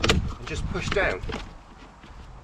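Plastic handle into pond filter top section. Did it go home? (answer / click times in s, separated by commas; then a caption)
yes / 0.0 s. A plastic handle, inserted at a slight angle, is pushed down into the upturned top section of an Oase Filtomatic pond filter resting upside down on the floor, and it snaps and locks into place with a sharp click at 0.0 s. Someone talks throughout.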